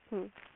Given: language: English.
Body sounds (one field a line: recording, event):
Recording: throat vibration sensor signal played as sound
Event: speech